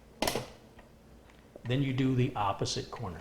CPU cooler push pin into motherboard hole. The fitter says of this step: on one corner and you're going to hear it click.